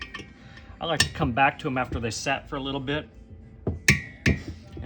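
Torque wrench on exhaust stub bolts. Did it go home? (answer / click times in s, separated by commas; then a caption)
yes / 3.9 s, 4.3 s. Someone talks, then a torque wrench set to about 13 to 14 foot pounds re-torques exhaust stub bolts after they have set for a while. It gives two sharp clicks at 3.9 s and 4.3 s, confirming torque is reached after the bolts took a little extra twist.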